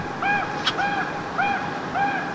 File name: Common Raven